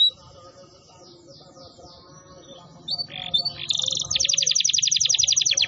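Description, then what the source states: Canary song: after a few quiet seconds of soft chatter and low hum, loud rapid trills of high, evenly repeated notes burst in and run to the end. Canary song used as a lure to attract birds.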